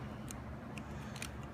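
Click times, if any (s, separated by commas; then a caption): none. While assembling a Goulds ESV vertical multistage stainless steel water pump, the coupling is lifted slightly with a screwdriver and the metal shim tool is pushed back into the gap between the pump shaft coupling halves. A few faint, short metallic ticks come over a steady low hum. Nothing has seated or clicked in yet.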